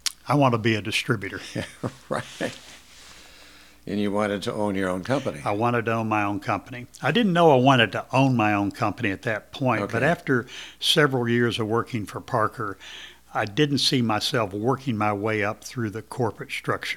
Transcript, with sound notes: I want to be a distributor."
Right. (Chuckling) And you wanted to own your own company.
I wanted to own my own company. I didn't know I wanted to own my own company at that point, but after several years of working for Parker, I didn't see myself working my way up through the corporate structure.